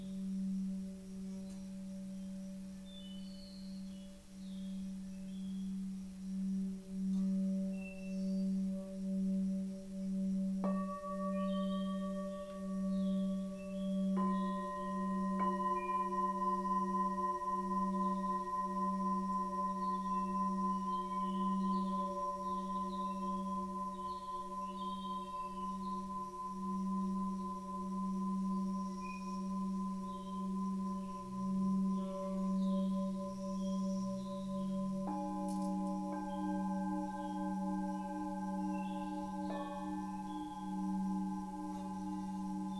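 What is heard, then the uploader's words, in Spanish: Singing bowls ring with a low, steady pulsing hum that wavers evenly throughout. New bowls are struck at about 11, 14, 15 and 35 seconds, each adding a clear higher tone that lingers and layers over the others. Faint chirps flicker in the background. Un viaje entre cuencos y sus armonicos.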